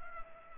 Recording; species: mosquito wingbeat signal from an infrared sensor; Culex pipiens